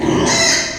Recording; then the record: squeal of a Yucatan mini pig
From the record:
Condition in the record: before surgery on the right vocal fold (resection and tissue-engineered implant); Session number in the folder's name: 2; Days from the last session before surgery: 0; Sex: male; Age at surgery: 12 weeks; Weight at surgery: 13 kg